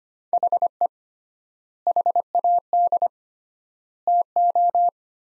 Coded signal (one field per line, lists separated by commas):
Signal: Morse code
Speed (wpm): 25 wpm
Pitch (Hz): 700 Hz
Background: none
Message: HE HAD TO